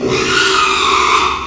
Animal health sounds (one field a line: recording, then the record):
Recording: squeal of a Yucatan mini pig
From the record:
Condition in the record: after surgery on the right vocal fold (resection and tissue-engineered implant)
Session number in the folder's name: 1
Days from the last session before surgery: 6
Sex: male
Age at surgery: 12 weeks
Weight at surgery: 13 kg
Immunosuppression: cyclosporine, prednisolone